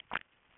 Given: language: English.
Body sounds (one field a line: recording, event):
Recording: throat vibration sensor signal played as sound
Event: swallow